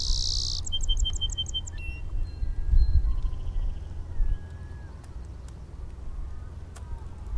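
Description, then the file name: Song sparrow song starting on a loud buzzy burst, then a quick series of bright repeated notes, over a steady low rumble with faint other bird notes. Heard at Inner Point in 2012. "SOSP Inner Point"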